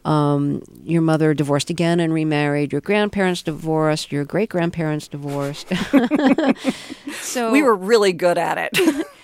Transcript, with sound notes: your mother divorced again and remarried. Your grandparents divorced, your great-grandparents divorced.
(LAUGHTER)
So...
We were really good at it